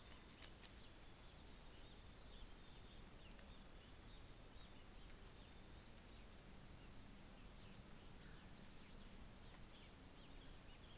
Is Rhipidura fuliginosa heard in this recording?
no